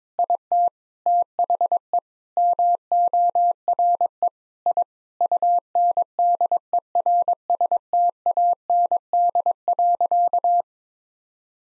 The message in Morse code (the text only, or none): IT THE MORE I UNDERSTAND.